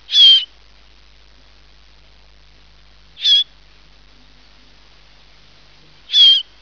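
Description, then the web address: Bird calls: three short, high, harsh notes with a faint downward whistle, spaced roughly three seconds apart over a quiet background. "特酷声音素材库 动物 鸟 Bird"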